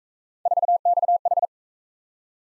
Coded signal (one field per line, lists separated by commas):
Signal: Morse code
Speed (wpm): 37 wpm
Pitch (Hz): 700 Hz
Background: none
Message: 4XH